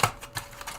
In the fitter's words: it's going to snap just like that